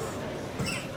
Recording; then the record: coughing mixed with background sound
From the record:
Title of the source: Mid-morning Winter Coughing Fit